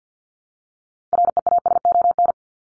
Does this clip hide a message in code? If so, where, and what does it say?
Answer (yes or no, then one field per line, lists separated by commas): yes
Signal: Morse code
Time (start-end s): 1.1-2.3 s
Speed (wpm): 48 wpm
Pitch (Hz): 700 Hz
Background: none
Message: REASON